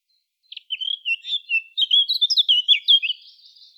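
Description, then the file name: Eurasian blackcap song: a fast, varied warble of high slurred notes, building and ending in a softer trailing twitter, with a clean quiet background. "Sylvia atricapilla"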